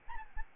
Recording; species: mosquito wingbeat signal from an infrared sensor; Aedes albopictus